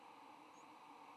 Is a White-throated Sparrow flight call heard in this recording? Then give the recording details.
no. Another species' flight call is heard. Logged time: 06:49 on 8 November 2014